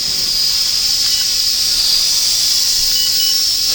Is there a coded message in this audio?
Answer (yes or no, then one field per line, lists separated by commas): no